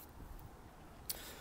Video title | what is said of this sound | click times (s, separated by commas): Paddle King Lo Pro Angler Open Bow 12 Volt Electric Minn Kota | little snap is also on the other side that is designed for travel and just to keep it locked down it just snaps right into place nice and easy on the | 1.1 s